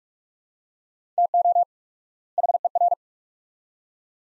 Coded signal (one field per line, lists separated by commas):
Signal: Morse code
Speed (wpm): 42 wpm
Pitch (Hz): 700 Hz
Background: none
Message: TO HER